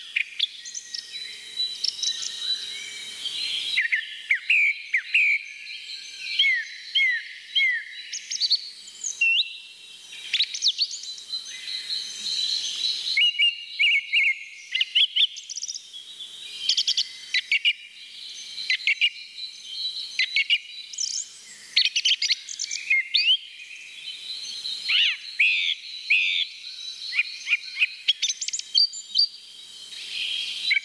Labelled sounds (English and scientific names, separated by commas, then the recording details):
Song Thrush (Turdus philomelos) song
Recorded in the wild
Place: Oberrotweil am Kaiserstuhl, Baden-Württemberg, DE
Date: 1985-04-05
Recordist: Schwarz, Dieter
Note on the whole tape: Song